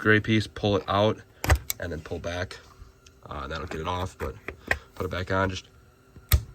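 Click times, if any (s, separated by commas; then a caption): 6.3 s. A coolant hose quick-connect with a gray release tab is pushed back onto the radiator fitting of a 2017 Explorer Interceptor while someone talks. A sharp snap at 6.3 s marks the quick-connect seating, and it is confirmed back in.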